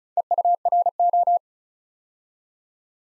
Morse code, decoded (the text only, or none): EURO